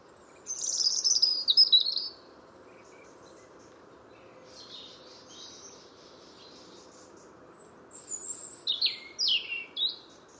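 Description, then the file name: European robin singing a bright warbled phrase, a long pause with a faint soft strain, then a fresh burst of high, sliding, varied notes. "Erithacus rubecula"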